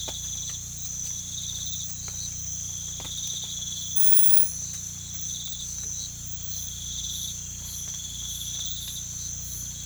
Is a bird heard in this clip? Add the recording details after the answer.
no. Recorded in pastures near Puerto Asís, Putumayo, Colombia, on 18 December 2024 at 02:30. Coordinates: 0.472, -76.331. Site GP02